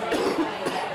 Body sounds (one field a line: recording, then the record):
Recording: coughing mixed with background sound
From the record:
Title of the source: Coughing 77